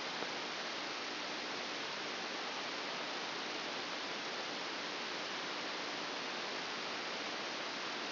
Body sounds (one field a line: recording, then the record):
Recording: brain microelectrode recording played as sound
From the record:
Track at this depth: inside the subthalamic nucleus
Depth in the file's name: 5.263 mm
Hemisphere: left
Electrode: 2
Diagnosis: Parkinson's disease